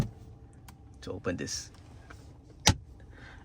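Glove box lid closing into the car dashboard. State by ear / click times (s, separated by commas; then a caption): seated / 2.7 s. Someone talks briefly in a Tesla Model 3 Highland, then the car's glove box lid is pushed closed into the dashboard. It snaps shut with one sharp, loud click at 2.7 s, held closed by a magnet. The lid is seated.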